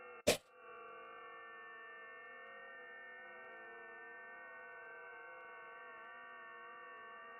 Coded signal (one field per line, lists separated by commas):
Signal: FT8